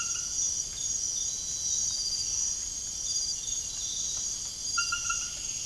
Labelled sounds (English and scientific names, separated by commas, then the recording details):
none
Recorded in secondary vegetation near Puerto Asís, Putumayo, Colombia, on 24 March 2025 at 00:00
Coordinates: 0.489, -76.322
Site G042